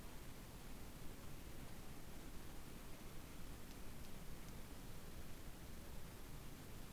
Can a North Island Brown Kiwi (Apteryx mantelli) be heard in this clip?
no